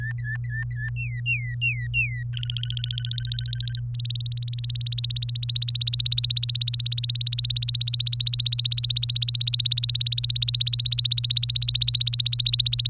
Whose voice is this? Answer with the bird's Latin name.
Serinus canaria